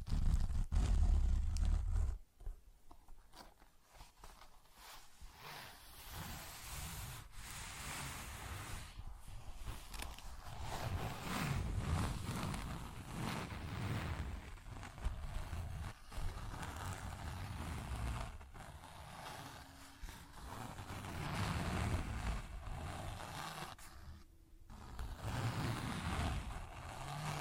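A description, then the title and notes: Close, continuous scratching and rubbing fills most of the recording, a dense, rough texture that swells and eases without settling into a regular beat. It opens with a louder, low rumbling burst, and brief quiet breaks come near two and twenty-four seconds. ASMR Tapping, Scratching & Zipper Sounds.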